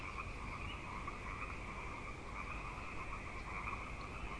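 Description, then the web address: Frog chorus as an even, continuous mass of rapid trilled croaks at two pitch levels, no pauses, with soft low background hiss. Frog chorus at Grafton Lake, recorded 3 May 2009. "The Frog Chorus Tunes Up On Grafton Lake"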